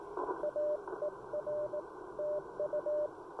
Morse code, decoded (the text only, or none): AER TU